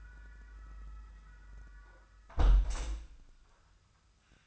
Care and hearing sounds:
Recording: daily activity, microphone in the room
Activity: close window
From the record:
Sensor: 2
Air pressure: 1004.5 hPa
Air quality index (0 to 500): 70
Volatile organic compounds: 1 ppm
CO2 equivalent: 830 ppm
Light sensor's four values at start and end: 6/14/6/6 and 6/14/5/5

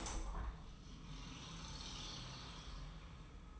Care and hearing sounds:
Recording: daily activity, microphone in the room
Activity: open window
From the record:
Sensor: 1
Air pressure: 999.9 hPa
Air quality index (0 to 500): 235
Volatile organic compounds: 104 ppm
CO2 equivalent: 3780 ppm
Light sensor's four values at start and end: 10/25/10/11 and 11/28/11/12

